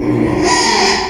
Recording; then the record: squeal of a Yucatan mini pig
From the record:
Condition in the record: after surgery on the right vocal fold (resection and tissue-engineered implant); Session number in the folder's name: 2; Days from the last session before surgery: 13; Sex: male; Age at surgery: 12 weeks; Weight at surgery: 13 kg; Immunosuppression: cyclosporine, prednisolone